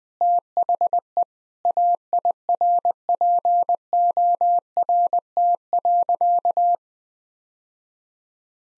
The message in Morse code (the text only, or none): THE AIRPORT.